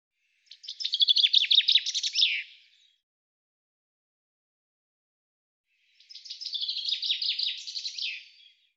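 Common chaffinch song phrases, two descending trilled phrases ending in a flourish, separated by a pause of about three seconds, clean and quiet otherwise.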